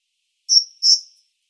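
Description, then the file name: Great tit giving a high two-note call, each note clear and trailing off softly, against a quiet background. "Parus major"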